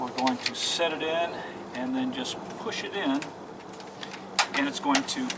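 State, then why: Not seated. Someone talks while a plastic window retainer channel for an Andersen 3000 storm door is set into the door frame and pushed in, with a few short knocks and taps heard around 4.0 s and 4.4 s. The clip ends before the part goes home, and nothing has seated or clicked yet.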